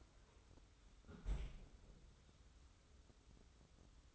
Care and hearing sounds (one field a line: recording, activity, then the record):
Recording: daily activity, microphone in the room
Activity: close fridge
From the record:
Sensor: 3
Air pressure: 994.4 hPa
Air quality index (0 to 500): 208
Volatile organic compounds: 1000 ppm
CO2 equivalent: 6958 ppm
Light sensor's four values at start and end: 128/304/125/117 and 152/364/151/146